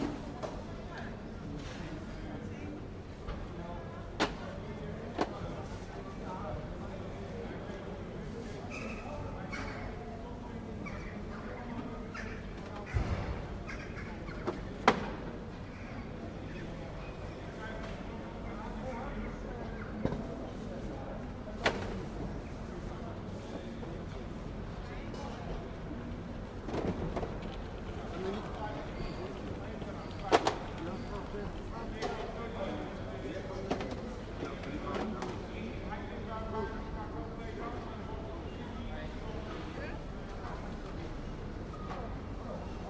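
An active fruit market hums with a steady crowd of overlapping voices, punctuated by occasional sharp knocks and clatters every few seconds.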